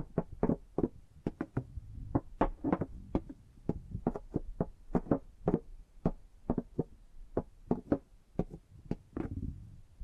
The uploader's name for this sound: Tapping and Gripping Sounds